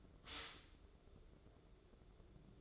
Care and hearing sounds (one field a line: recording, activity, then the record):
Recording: daily activity, microphone in the room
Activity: stop toaster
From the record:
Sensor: 3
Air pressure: 1007.1 hPa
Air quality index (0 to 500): 55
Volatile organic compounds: 1 ppm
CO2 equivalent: 593 ppm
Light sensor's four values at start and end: 8/19/8/8 and 8/19/8/8